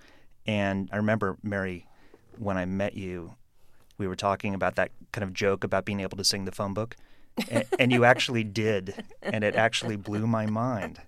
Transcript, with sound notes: And I remember, Merry, when I met you, we were talking about that kind of joke about being able to sing the phonebook.
(Laughter).
And you actually did. And it actually blew my mind.